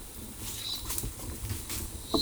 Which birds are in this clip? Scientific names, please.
none